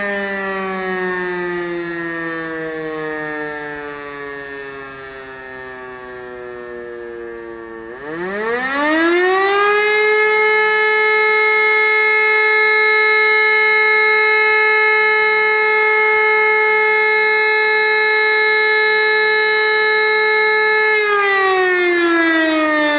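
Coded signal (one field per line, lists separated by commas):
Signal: siren signal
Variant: German Feueralarm, Siemens E57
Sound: siren winding down, rising again, holding a steady wail, then falling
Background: outdoor ambience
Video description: Alle Sirenen aus den Ortsteilen dienen rein der freiwilligen Feuerwehr und lösen auch nur das Signal "Feueralarm" aus.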